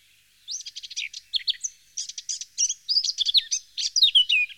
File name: Jean C Roche - Fauvette a tete noire